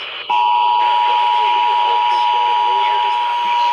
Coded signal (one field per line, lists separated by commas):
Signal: Emergency Alert System (SAME) tones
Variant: 853 and 960 Hz attention tone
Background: speech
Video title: WELCOME BACK WBS12... EAS Alerts from 6/24/25 (EAS#4,121 - #4,152)